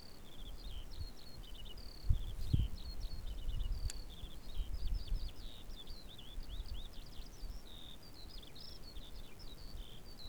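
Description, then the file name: Eurasian skylark song: a continuous stream of high, fast warbled and chirping notes, with low rumbling wind noise underneath and a couple of thumps. "Skylark"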